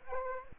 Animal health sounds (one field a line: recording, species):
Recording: mosquito wingbeat signal from an infrared sensor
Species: Aedes aegypti